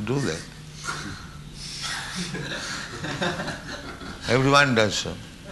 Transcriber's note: laughter